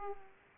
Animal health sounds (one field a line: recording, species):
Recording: mosquito wingbeat signal from an infrared sensor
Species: Aedes aegypti